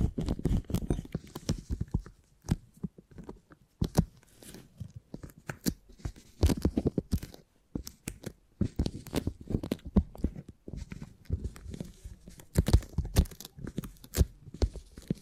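Beeswax being handled gives dense, uneven crackles and tearing, crunchy bursts, with brief pauses near two, four and eight seconds.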